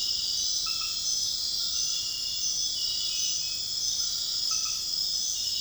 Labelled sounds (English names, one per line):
none